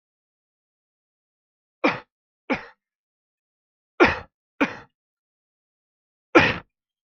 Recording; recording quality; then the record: heavy voluntary cough; poor, much background noise or distortion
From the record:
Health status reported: exposed to COVID-19, no respiratory illness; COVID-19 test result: not tested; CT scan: not taken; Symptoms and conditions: cough, fever, fatigue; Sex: male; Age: 35 years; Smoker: no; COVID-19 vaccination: none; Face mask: not worn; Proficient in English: yes